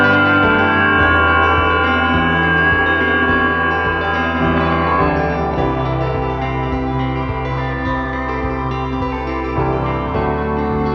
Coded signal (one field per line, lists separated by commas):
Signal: FT8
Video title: ARRL Field Day 2021 - Part 4: "W2XRX Field Day Contest Results!" Final Wrap-Up & Antenna Disassembly